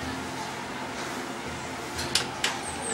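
A click-type torque wrench set to about 20 tightens a head stud nut on a GY6-based scooter engine. Over a steady background hum, two sharp clicks ring out at 2.2 s and 2.4 s as the wrench breaks over, confirming the nut has reached its set torque.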